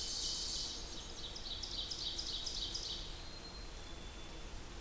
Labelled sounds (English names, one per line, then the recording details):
Ovenbird song
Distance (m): 85 m
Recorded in boreal forest in Alberta, Canada, on 8 June 2016 at 08:03
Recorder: SongMeter 3, array SBT-3-9
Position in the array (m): 53 m, 106 m
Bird 33